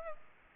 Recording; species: mosquito wingbeat signal from an infrared sensor; Aedes aegypti